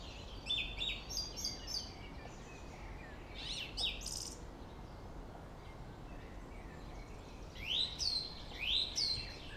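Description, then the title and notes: Song thrush song: a rapid repeated chattering phrase, then buzzy notes, then two loud rising whistles, with traffic rumble. Singing at Friedhof Columbiadamm (Neuer Garnisonsfriedhof), a cemetery in Berlin, Germany, with distant city traffic noise; recorded on a Sony PCM D50. "Friedhof Columbiadamm, Berlin - Song thrush. Friedhof Columbiadamm (Neuer Garnisonsfriedhof), Song thrush (Singdrossel) singing, distant city. traffic noise"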